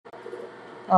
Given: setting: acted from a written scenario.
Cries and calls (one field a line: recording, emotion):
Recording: vocal sound without words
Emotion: desire